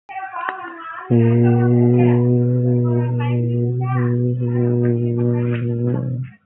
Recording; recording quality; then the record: sustained vowel as in made; moderate, slight background noise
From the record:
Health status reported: healthy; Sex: male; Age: 25 years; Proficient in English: yes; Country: India